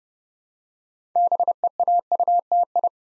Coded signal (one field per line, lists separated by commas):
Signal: Morse code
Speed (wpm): 30 wpm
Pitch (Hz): 700 Hz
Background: none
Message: BEAUTI